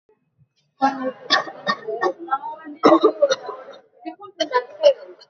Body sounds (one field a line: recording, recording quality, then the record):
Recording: shallow voluntary cough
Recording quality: excellent, no background noise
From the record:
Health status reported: recovered from COVID-19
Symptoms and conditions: none ticked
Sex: female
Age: 36 years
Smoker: not ticked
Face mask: worn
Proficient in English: yes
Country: India